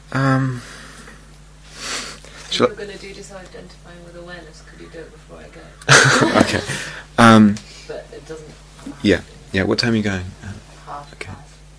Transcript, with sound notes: If you're going to do disidentifying with awareness, could you do it before I go? [laughter]
Okay.
But it doesn't have to...
What time are you going?
Half past.